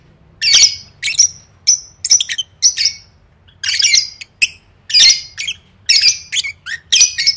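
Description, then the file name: Lovebird squawking: piercing, rasping chirps in bursts after a quiet start, some with a sharp whistled ending. "tieng vet mau don"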